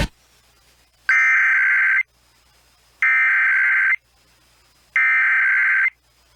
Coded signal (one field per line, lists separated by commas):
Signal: Emergency Alert System (SAME) tones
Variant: header bursts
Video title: EAS Required Monthly Test Minnesota/Wisconsin (Christmastime in the Iron Range Edition!)